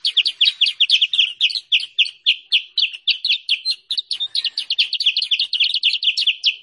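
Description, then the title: Sooty-headed bulbul song: a continuous babble of high chirping notes, irregular in spacing, with quicker clusters near the end. Indonesian masteran training and lure (pikat) recording used for trapping or teaching songbirds. "Masteran Kutilang Sutra. suara pikat burung kutilang sutra"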